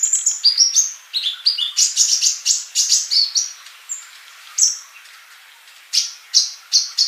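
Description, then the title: Bird song: rapid high chirps and short whistled notes, some sliding down, in quick varied phrases, then a pause and a few sharper repeated notes. "Kicau Burung"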